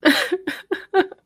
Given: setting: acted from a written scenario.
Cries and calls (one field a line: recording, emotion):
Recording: vocal sound without words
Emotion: sadness